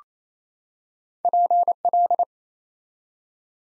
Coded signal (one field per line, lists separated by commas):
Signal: Morse code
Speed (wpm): 27 wpm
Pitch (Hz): 700 Hz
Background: none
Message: PL